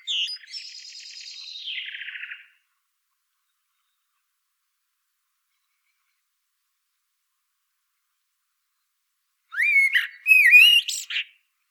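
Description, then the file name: Common blackbird song: a thin high twittering run sliding downward, a long silence, then looping fluted whistles mixed with sharp high squeaks. "Turdus merula"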